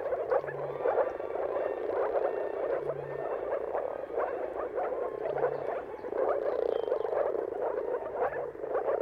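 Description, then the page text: Moor frogs calling together in a steady bubbling chorus. Mating chorus of many moor frogs at sunrise, turn of March and April, timing depending on the weather. "Dawn’s Chorus: Mating Calls of Marsh Frogs at Sunrise. Depending on the weather at the turn of March and April, you can witness an amazing spectacle of moor frogs. Jakub Orzecki. earth.fm"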